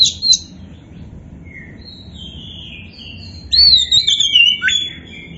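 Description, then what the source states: Oriental magpie-robin song: a brief loud note, soft scattered whistles, then a loud twisting whistled phrase falling in pitch, with fainter notes trailing after it. Indonesian kacer poci bird, described as gacor, meaning it is singing vigorously.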